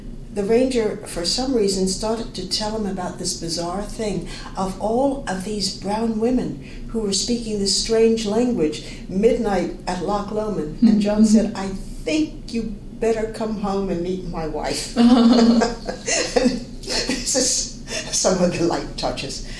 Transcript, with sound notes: the ranger for some reason started to tell him about this bizarre thing of all of these brown women who were speaking this strange language at midnight Loch Lomond. John said, "I think you'd better come home and meet my wife." [laughs] [laughter] These are some of the light touches.